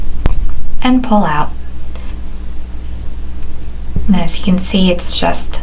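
One end of a metal multi-strand necklace clasp is squeezed and its tongue is pulled out of the clasp box, giving a sharp click at 0.3 s. The clasp is released open, and someone talks.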